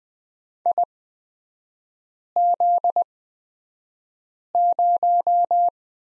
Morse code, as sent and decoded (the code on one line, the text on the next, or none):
.. --.. -----
IZ0